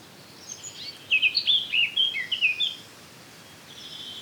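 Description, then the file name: Eurasian blackcap song: one short phrase of clear fluty whistles and slurred notes lasting under two seconds, then quiet background hiss. "Sylvia atricapilla"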